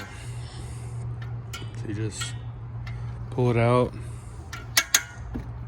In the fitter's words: and it'll lock into place and when you're ready to reel it up you just it'll